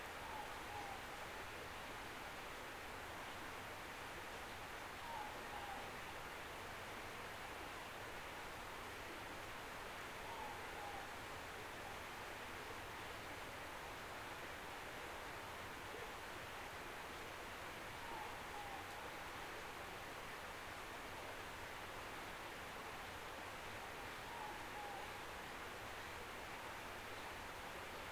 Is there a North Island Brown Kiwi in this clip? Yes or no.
no